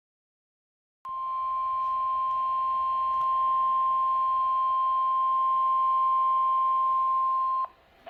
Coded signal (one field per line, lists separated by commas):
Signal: Emergency Alert System (SAME) tones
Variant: 1050 Hz attention tone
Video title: EAS #458: Severe Thunderstorm Warning - Indiana (3/14/2024) (KEC74)